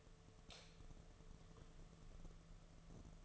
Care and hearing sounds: daily activity, microphone in the room; light on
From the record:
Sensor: 4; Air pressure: 1015.6 hPa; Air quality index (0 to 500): 184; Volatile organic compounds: 8 ppm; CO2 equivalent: 2120 ppm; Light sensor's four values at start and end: 22/52/22/23 and 23/55/23/25

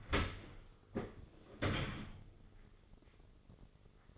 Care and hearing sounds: daily activity, microphone in the room; open dishwasher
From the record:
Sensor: 4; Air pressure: 996.6 hPa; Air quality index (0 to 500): 88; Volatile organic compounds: 4 ppm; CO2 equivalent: 1694 ppm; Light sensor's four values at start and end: 20/54/21/23 and 20/53/21/23

